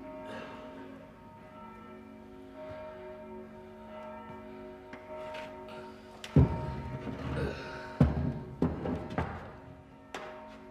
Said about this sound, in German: Heute ist Sonntag, wie? Die Glocken klängen friedlich, wer in der Welt nicht so viel Menschenbosheit.